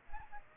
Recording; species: mosquito wingbeat signal from an infrared sensor; Aedes aegypti